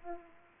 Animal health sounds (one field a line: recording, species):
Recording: mosquito wingbeat signal from an infrared sensor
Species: Aedes aegypti